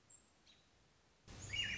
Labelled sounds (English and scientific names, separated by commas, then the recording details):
American Robin (Turdus migratorius)
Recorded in Sonoma County, California